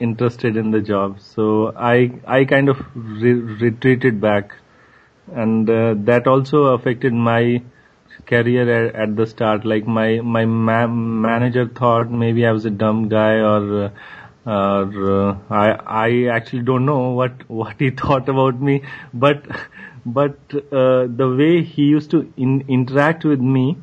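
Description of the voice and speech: A 27-year-old man who stammers speaks in a steady, mid-pitched voice, broken by repeated whole words and syllables ("I, I", "my, my, m-", "what, what", "but, but"), stretched sounds and tense pauses. These are stuttering disfluencies: repetitions, prolongations and blocks interrupting otherwise fluent speech.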